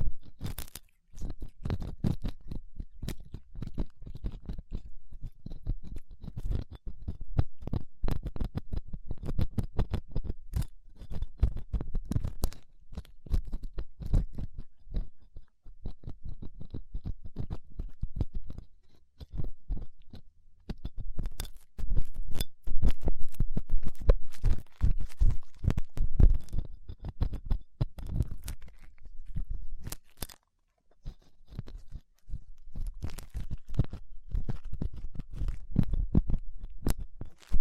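Ear cleaning sounds with latex gloves, a dental pick and cotton swabs: dense, irregular crackling and scraping in quick bursts with thick low rumbling underneath. The activity runs almost continuously, with brief quiet gaps near 20 and 30 seconds.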